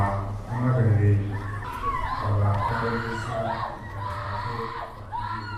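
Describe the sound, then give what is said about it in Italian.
A stadium crowd at a commemoration screams in despair, a dense, continuous mass of overlapping wailing and shouting voices, mostly dozens of women with a couple of men, that rises and falls in pitch and stays loud throughout. “Lo stadio si riempie di urla disperate.”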